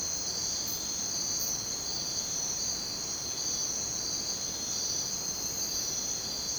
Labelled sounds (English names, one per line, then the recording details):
none
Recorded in dense forest near Puerto Asís, Putumayo, Colombia, on 22 June 2025 at 04:30
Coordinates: 0.484, -76.317
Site G045